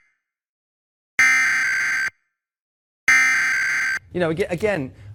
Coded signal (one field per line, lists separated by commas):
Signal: Emergency Alert System (SAME) tones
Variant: header bursts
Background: speech